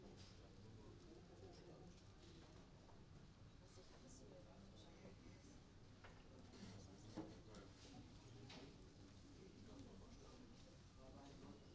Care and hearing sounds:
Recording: everyday scene through a hearing-aid microphone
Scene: many people talking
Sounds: many voices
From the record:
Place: university cafeteria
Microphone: in the ear canal, right

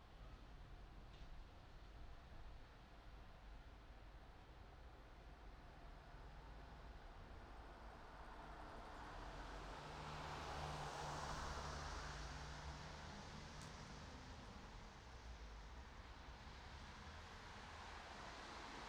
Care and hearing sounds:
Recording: everyday scene through a hearing-aid microphone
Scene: in traffic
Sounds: traffic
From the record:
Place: city secondary road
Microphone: in the ear canal, right

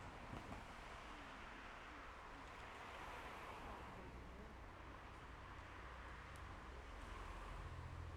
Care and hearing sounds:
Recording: everyday scene through a hearing-aid microphone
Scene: in traffic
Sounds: traffic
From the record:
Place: main road on the outskirts, rush hour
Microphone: behind the ear, left, rear

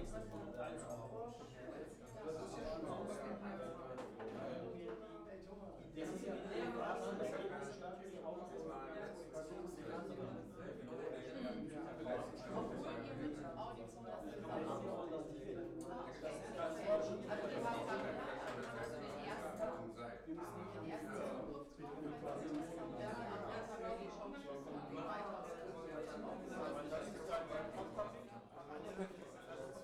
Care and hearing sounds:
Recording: everyday scene through a hearing-aid microphone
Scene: many people talking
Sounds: many voices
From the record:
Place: bistro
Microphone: behind the ear, left, front

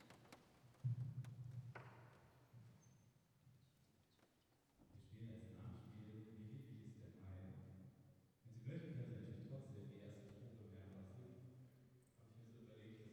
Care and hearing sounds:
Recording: everyday scene through a hearing-aid microphone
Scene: reverberant space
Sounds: speech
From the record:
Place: church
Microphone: behind the ear, right, front

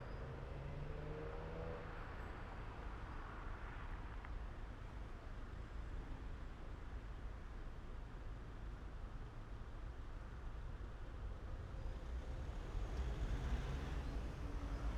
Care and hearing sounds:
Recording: everyday scene through a hearing-aid microphone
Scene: in traffic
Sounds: traffic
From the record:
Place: main city hub, rush hour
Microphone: behind the ear, right, front

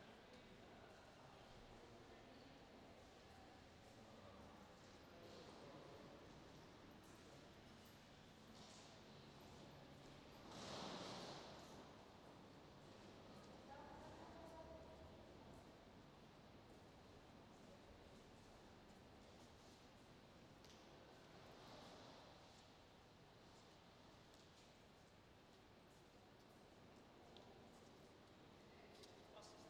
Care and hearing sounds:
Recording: everyday scene through a hearing-aid microphone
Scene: reverberant space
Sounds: background noise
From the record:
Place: railway station hall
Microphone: in the ear canal, left

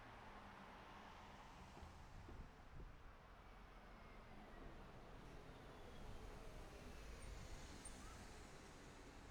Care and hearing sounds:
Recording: everyday scene through a hearing-aid microphone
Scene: in traffic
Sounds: traffic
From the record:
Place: city secondary road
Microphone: behind the ear, right, front

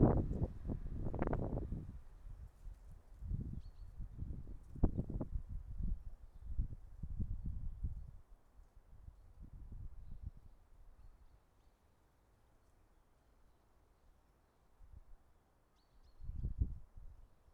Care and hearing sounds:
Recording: everyday scene through a hearing-aid microphone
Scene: wind on the microphone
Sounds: wind, traffic, birds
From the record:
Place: suburban garden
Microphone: behind the ear, right, front

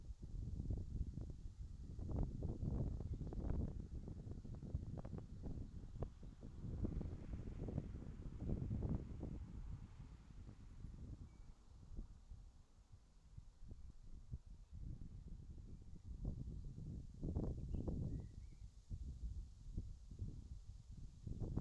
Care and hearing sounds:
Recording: everyday scene through a hearing-aid microphone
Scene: wind on the microphone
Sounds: wind, traffic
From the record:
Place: in front of a rural house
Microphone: in the ear canal, left

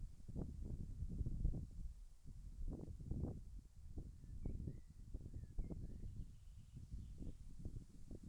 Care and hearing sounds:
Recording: everyday scene through a hearing-aid microphone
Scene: wind on the microphone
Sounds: wind, birds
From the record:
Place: in front of a rural house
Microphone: behind the ear, left, front

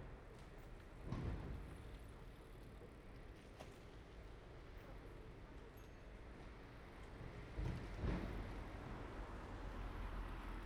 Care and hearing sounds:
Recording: everyday scene through a hearing-aid microphone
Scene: in traffic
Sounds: traffic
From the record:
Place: main road on the outskirts, rush hour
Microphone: behind the ear, right, rear

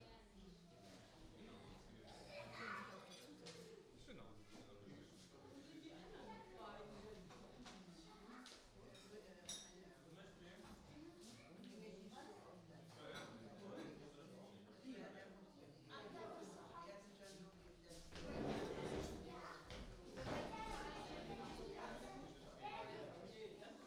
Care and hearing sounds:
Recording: everyday scene through a hearing-aid microphone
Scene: many people talking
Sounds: many voices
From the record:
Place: parish hall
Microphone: in the ear canal, right

